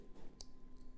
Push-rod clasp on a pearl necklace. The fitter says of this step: that little click is just absolutely beautiful isn't it isn't it beautiful